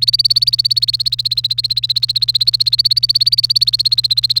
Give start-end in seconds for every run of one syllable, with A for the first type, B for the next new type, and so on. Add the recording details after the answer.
0.00-4.40 A. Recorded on 30 April 2018 at 17:49. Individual llb3